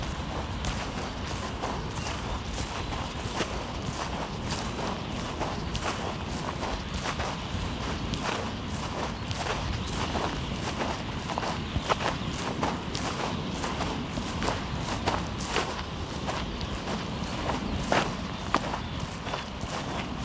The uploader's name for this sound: Waves and bird life: Ambience from a walk along Omø coastline